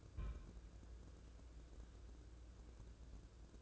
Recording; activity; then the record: daily activity, microphone in the room; place on stove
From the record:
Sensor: 2